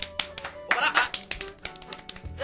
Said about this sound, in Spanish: Eso es una sola persona aplaudiendo, ¿no? Consigo misma, digamos.